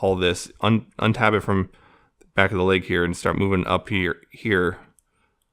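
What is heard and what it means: Someone talks while handling a plastic action figure's leg, unhooking the gold ankle piece from the back of the leg and sliding it up toward where it locks. Two faint ticks come at about 5.0 and 5.4 seconds, but the piece has not clicked into place yet.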